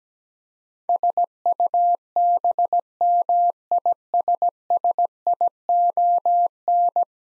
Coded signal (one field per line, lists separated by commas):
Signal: Morse code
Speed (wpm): 17 wpm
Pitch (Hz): 700 Hz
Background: none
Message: SUBMISSION